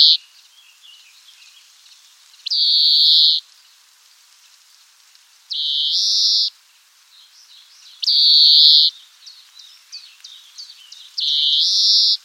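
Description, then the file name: European greenfinch giving drawn-out buzzy wheezes, five in twelve seconds at roughly three-second intervals, with soft twittering and short chirps between them. "Chloris chloris"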